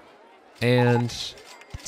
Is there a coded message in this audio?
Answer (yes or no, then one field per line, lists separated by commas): no